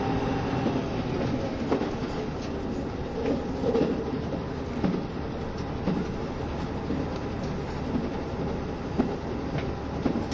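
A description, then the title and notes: A train runs steadily, its heavy low rumble filling the whole ten seconds without letting up. Sharp clicks and knocks from the wheels come at irregular moments, near 2, 5, 6 and 9 seconds, over a constant rushing hiss. キハ72系 ゆふいんの森06号 01/01:由布院～博多. This is a train running sound (still image) of the Kiha 72 series "Yufuin no Mori 06".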